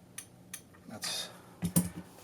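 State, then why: Torque reached. A Fix-It Sticks torque-limiting driver tightens the action screw of a Grey Birch Solutions Shrike CLR 10/22 action into an MDT Oryx rifle chassis, giving two short, bright clicks at 0.2 s and 0.5 s. The clicks confirm the set torque is reached and the screw is done. Someone talks, and a burst of broadband noise and a sharper, louder knock follow around 1.0 to 1.8 s.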